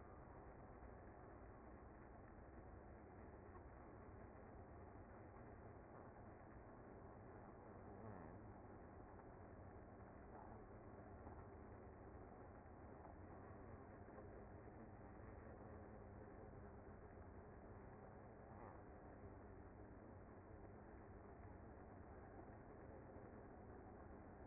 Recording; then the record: honeybee colony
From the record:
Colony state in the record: active